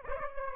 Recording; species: mosquito wingbeat signal from an infrared sensor; Aedes aegypti